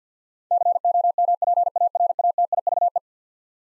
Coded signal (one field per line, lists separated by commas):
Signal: Morse code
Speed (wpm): 50 wpm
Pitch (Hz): 700 Hz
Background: none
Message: COMPARATIVE